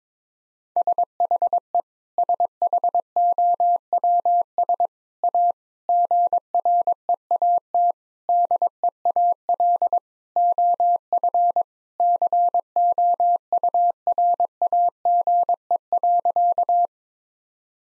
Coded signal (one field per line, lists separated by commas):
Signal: Morse code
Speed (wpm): 22 wpm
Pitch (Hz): 700 Hz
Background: none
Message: SHE SHOWS A GREAT DEAL OF COURAGE.